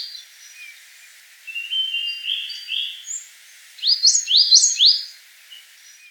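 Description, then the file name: Coal tit singing a rapid run of bright two-note phrases after a few thin, level whistles; the loud phrase series lasts about a second. "moskovka"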